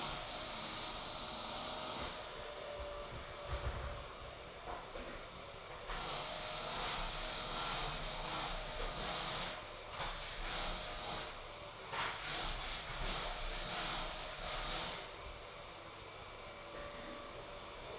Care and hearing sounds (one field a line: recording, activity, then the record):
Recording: daily activity, microphone in the room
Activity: vacuum cleaning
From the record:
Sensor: 5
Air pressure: 1010.3 hPa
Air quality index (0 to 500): 120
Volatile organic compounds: 2 ppm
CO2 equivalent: 1180 ppm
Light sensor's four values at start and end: 479/1222/506/563 and 477/1217/504/561